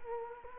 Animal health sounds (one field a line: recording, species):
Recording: mosquito wingbeat signal from an infrared sensor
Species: Culex quinquefasciatus